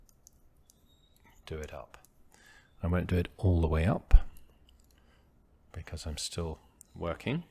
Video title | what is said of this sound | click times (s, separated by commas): A "New" One Owner 145022-69 | once i hear it click down a thread i know it's engaged and i can | 0.3 s